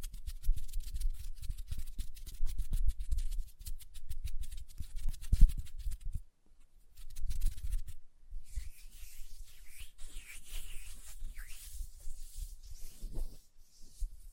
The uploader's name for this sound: Hand Sounds, Nail Tapping and Lotion Sounds